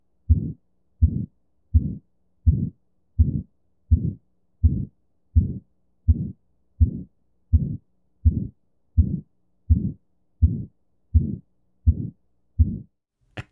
Aortic stenosis. Systolic murmur with an absent second heart sound.